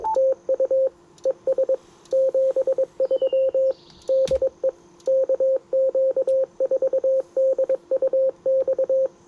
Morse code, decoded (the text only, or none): TU ES 73 DE KQ4DUX